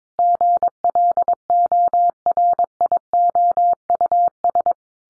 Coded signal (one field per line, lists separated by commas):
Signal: Morse code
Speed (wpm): 22 wpm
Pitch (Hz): 700 Hz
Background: none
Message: GLORIOUS